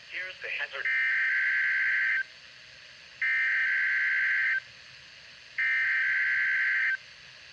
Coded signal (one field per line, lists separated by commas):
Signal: Emergency Alert System (SAME) tones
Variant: header bursts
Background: speech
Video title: EAS 6964-6986. EAS Alerts from the week of 1/12/25-1/18/25